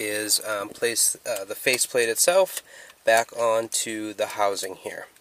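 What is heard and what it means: Someone talks while handling the plastic climate-control faceplate of a 1999–2004 Mustang, about to press it back onto its dash control housing, where it snaps in by lining up four tabs on the top and bottom. Only speech is heard, with no distinct click. Nothing has seated or clicked yet.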